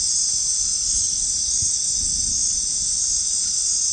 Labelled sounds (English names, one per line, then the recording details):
none
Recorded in dense forest near Puerto Asís, Putumayo, Colombia, on 13 March 2025 at 22:00
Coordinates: 0.499, -76.324
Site GP03